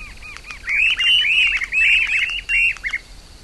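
Streamer-tailed Tyrant: gubernetes giving loud squeaky chatter, bursts of rapid slurred notes in quick succession, with a few softer chirps before and after.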